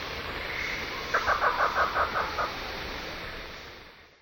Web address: Natures Songs S America Eastern Lowlands Black-tailed Trogon